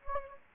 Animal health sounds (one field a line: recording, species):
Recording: mosquito wingbeat signal from an infrared sensor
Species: Anopheles gambiae